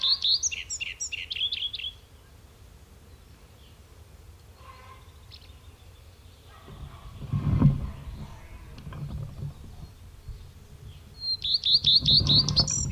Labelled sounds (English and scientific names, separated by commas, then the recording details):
Common Redstart (Phoenicurus phoenicurus) song
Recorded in the wild
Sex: male
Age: adult
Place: Schloß Holte-Stukenbrock, Senne, Nordrhein-Westfalen, DE
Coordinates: 51.8683, 8.6575
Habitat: farm
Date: 1972-05-20
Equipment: Uher 4200 Report Stereo, Bändchenmikro Beyer M 260, Parabolspiegel Polyester (600 mm)
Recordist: Conrads, Klaus